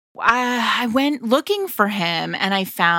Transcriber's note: none